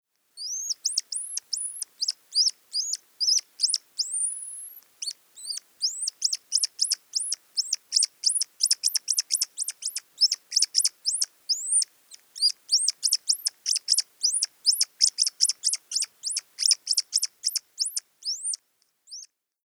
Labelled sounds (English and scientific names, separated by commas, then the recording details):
Hazel Dormouse (Muscardinus avellanarius)
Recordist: Tembrock, Günter
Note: Abwehrlaute